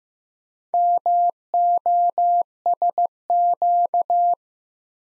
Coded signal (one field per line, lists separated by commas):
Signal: Morse code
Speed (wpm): 15 wpm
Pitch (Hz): 700 Hz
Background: none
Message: MOSQ